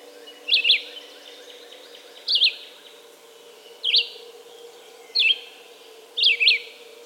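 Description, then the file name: Red-eyed vireo song of five choppy, zigzagging whistled phrases at regular intervals of roughly one and a half seconds, a low constant hum in the background. "red-eyed vireo song by jonathon jongsma"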